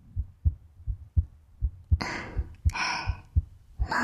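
Steady, low, paired thumps at about 80 beats a minute, with short rushing or rustling noise in the second half. This is a normal adult heartbeat, the mother's 'thump-thump' heart sound a baby hears inside her warm belly before birth, offered as a calming sound.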